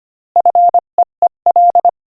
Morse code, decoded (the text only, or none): FEEL